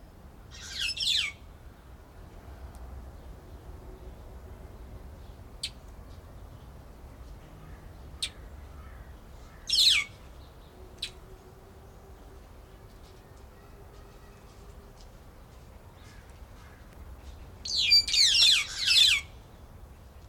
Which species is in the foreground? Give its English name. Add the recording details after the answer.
White-headed Buffalo-Weaver. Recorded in captivity. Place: Zoo Berlin, Berlin, DE. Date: 1992-10-24 12:16. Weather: bedeckt, 4-6°C. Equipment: Marantz CP 430, Sennheiser ME 80, Kopie Tesla B 116. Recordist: Tembrock, Günter